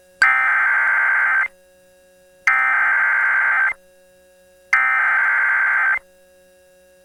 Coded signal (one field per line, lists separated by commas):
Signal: Emergency Alert System (SAME) tones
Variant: header bursts